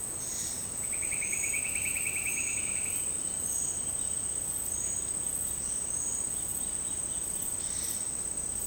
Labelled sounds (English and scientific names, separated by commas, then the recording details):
Roadside Hawk (Rupornis magnirostris)
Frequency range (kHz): Roadside Hawk (Rupornis magnirostris) 2.5-4.2 kHz
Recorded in secondary vegetation near Puerto Asís, Putumayo, Colombia, on 23 June 2025 at 10:00
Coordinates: 0.484, -76.319
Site G074